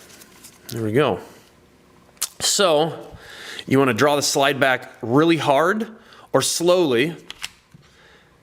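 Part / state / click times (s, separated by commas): slide pulled rearward in a pistol-caliber carbine receiver / not seated / none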